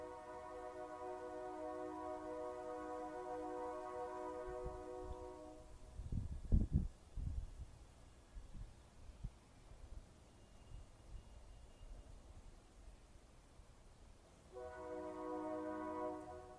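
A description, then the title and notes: A train horn holds a steady, chord-like blast for the first five seconds, then cuts off as heavy low thumps and clunks from the passing train bunch up around six to eight seconds. A softer rumble and breezy hiss follow before the horn sounds again near the end. Night Train Passing ASMR (Cool Breeze and Horn Sounds, Extended).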